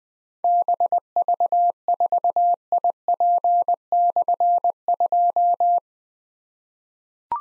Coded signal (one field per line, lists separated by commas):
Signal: Morse code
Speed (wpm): 20 wpm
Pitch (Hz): 700 Hz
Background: none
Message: BV4IP/2